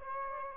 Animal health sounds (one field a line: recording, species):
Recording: mosquito wingbeat signal from an infrared sensor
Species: Aedes albopictus